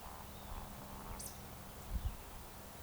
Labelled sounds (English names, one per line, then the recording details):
Eurasian Woodcock whistle
Eurasian Woodcock croak
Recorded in Baden-Württemberg, Germany, on 3 June 2021 at 19:45 UTC
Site 45499, 200 m above sea level